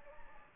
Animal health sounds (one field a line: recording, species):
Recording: mosquito wingbeat signal from an infrared sensor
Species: Anopheles gambiae